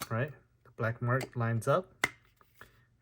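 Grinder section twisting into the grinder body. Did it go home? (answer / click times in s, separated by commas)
yes / 2.6 s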